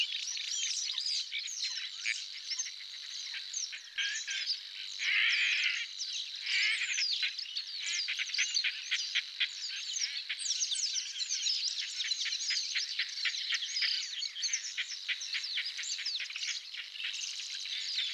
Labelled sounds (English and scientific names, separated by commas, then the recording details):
Paddyfield Warbler (Acrocephalus agricola) song
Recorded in the wild
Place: Tengiz, KZ
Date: 2000-05-13
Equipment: MiniDisc Sharp MT 20 H
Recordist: Schwarz, Dieter